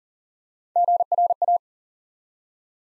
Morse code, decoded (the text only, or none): GRA